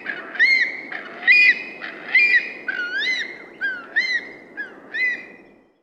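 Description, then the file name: Far Eastern curlew calling, a series of clear, arched whistled notes, each rising then falling, given in quick succession with slight variation in length. Australia. "Australian Bird Calls - Far Eastern Curlew"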